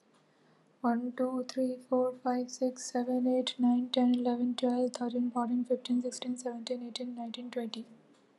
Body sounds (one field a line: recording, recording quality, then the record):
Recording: counting at a normal pace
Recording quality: excellent, no background noise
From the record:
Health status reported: healthy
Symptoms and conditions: hypertension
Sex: female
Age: 26 years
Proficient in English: yes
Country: India